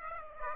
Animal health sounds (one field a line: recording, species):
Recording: mosquito wingbeat signal from an infrared sensor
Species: Aedes aegypti